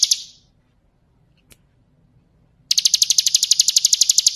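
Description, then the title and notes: Bar-winged Prinia song: a trill fades out, then after over two seconds of near silence and a single click, a high, rapid pulsed trill starts again. Ngebren song style, used as a training recording for White-rumped Shamas (magpie-robins). "Suara burung ciblek - Suara Nada"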